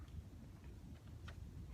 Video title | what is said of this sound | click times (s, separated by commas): Kettler Top Star XL Outdoor Ping Pong Table | press one on that side you hear a click | 1.3 s